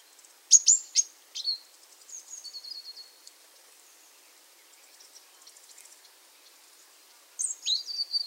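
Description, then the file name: Eurasian blue tit giving sharp high notes, then a short descending trill, a quiet pause, and a final burst of falling high notes at the end. "Cyanistes caeruleus"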